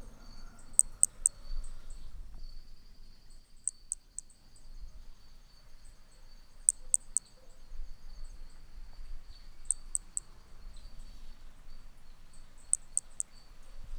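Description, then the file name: Hermogenes's pumpkin toadlet calling, bursts of two or three piercing high clicks repeated roughly every three seconds, with softer trailing notes and a faint steady high hum. Individual 3, recorded at Picinguaba, Brazil, on 13 December 2017; one note of the call missing. "MHNCI B hermogenesi Picinguaba ind 3 ex 4 perdeu uma nota 13 dez 2017 MRB"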